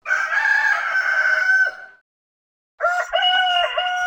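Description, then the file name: Rooster crowing twice: a long, harmonic crow of about two seconds, a brief silence, then a second crow that runs to the end. "petuh poet"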